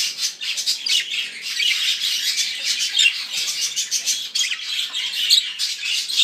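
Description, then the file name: Budgerigar warble, steady rapid twittering and scratchy squawks running without a break throughout. Show-type budgerigar from a breeder. "vystavocnyi volnistyi popugai. king parrotru"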